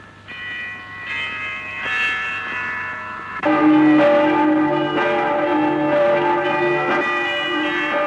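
Church bells of the Accoules bell tower peal at dawn on Easter morning with overlapping, ringing strikes. A softer toll builds at first, then a fuller, louder chorus of bells joins in and keeps resonating steadily, with no voices.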